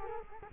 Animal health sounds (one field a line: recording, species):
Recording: mosquito wingbeat signal from an infrared sensor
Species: Culex quinquefasciatus